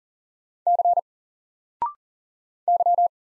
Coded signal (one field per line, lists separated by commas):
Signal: Morse code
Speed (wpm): 40 wpm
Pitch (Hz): 700 Hz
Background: none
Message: C Y